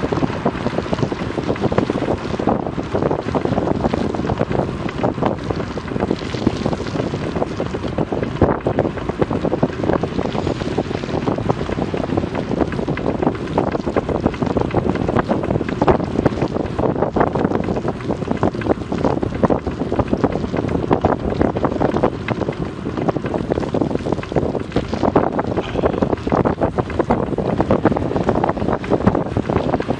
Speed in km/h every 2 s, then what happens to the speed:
30, 30, 30, 30, 30, 30, 31, 31, 31, 31, 31, 31, 31, 31, 31.
0-30 steady at about 31.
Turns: none.